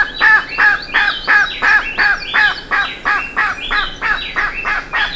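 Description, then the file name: Bird producing loud, rasping calls in a rapid steady series, roughly three each second, with overlapping higher squeaky notes. "SABIOD 50 bird 2015"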